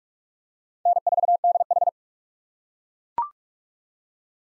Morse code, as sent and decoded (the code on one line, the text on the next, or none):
-. ....- -.. ....
N4DH